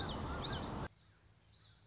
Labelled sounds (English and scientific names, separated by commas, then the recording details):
Common Yellowthroat (Geothlypis trichas)
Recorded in Sonoma County, California